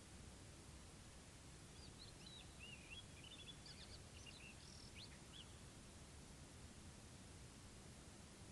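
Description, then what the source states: Bird song: soft, high chirps and short warbled phrases for a few seconds midway, over a steady low hum of background noise. Morning at a desert camp in Morocco.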